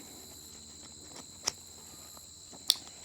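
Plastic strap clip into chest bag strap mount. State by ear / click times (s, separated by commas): seated / 2.7 s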